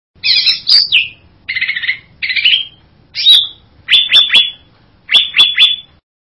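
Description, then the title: Bird song mixing buzzy rasping phrases with sharp whistled notes falling from high pitch, given in quick groups of two or three. "burung"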